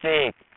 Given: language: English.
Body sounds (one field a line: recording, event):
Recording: throat vibration sensor signal played as sound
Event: speech